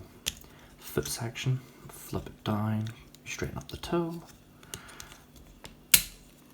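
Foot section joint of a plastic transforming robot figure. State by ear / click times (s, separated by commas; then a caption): seated / 5.9 s. Someone talks while the foot section of a plastic Transformers Studio Series Gamer Edition Voyager Class Megatron figure is flipped down and its toe straightened, with soft plastic ticks and handling noises along the way. At 5.9 s the ratchet joint locks into place with a sharp, hefty click, and the foot is seated.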